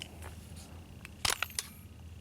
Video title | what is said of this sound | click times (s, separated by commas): T4E Umarex HDS-68 (Full Review) +Accuracy Test (Air Powered Shotgun) .68 Caliber HDS68 | well yep i just heard it click and | 1.6 s